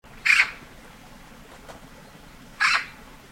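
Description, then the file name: Eurasian magpie giving two harsh, raspy calls about two seconds apart over faint low background noise. "Pica pica"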